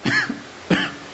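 An adult coughs twice, with the faint noise of rain in the background.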